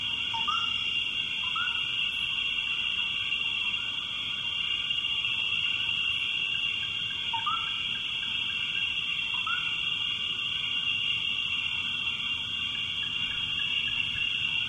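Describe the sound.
Frog calls, short upward-sliding chirps given four times at irregular gaps of one to six seconds, over a constant shrill drone.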